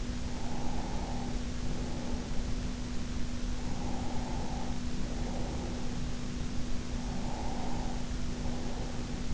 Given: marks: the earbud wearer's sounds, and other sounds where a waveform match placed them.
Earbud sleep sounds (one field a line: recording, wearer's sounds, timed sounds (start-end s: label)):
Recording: sounds in sleep by an in-ear microphone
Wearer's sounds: breath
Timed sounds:
0.07-2.82 s: breath
3.45-6.07 s: breath
6.59-9.33 s: breath